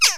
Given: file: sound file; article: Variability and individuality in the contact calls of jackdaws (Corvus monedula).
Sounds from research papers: jackdaw call; harmonic

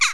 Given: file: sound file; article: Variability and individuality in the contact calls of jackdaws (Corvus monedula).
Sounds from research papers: jackdaw call; harmonic

